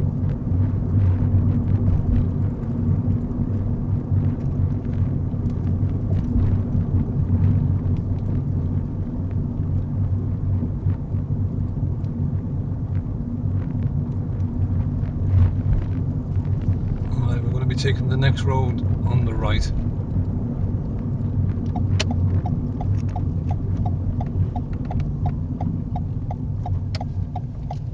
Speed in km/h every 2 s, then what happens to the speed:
37, 37, 35, 34, 31, 29, 29, 29, 32, 34, 31, 29, 19, 13.
0-12 slows to 29. 19-25 brakes to 13.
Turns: 24-28.